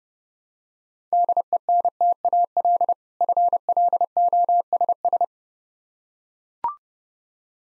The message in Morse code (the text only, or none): DENTAL FLOSS